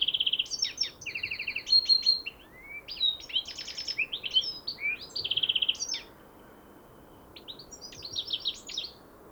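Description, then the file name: European goldfinch song of fast tinkling twitters mixed with nasal buzzy trills, pausing briefly before a final twittering burst. "Carduelis carduelis"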